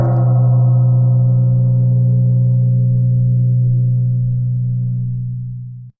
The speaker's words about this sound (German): Sie hören jetzt den zweiten Gong.